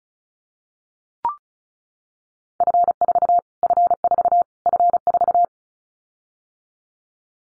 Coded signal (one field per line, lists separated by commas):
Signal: Morse code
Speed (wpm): 34 wpm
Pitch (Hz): 700 Hz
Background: none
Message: F4 F4 F4